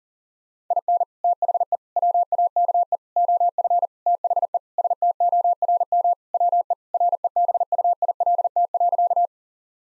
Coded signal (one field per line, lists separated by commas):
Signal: Morse code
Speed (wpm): 37 wpm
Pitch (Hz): 700 Hz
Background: none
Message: IN THE WAKE OF THE STORM WE REBUILT.